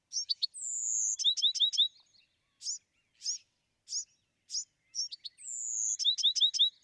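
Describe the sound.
Bewick's wren song: a few high notes and a long whistled note, followed by quick slurred chirps, then spaced sharp notes and a repeat of the whistle and chirps.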